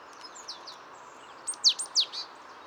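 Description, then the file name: Great tit calls: a few faint high notes, then about five louder, sharp descending high notes in quick succession before fading out. "Parus major"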